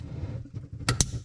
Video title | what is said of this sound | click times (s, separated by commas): How I Install a Kohler Avail 8" Spread Faucet and Drain Assembly | and it clicks so that's done that's pretty straightforward | 0.9 s, 1.0 s